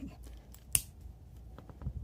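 A hex set screw on a steel countersink drill bit collar is turned counter-clockwise with an Allen wrench to release the bit. A single sharp, bright click snaps out at 0.8 s as the screw breaks free, with a few faint ticks before and after. The set screw comes loose and the bit is released.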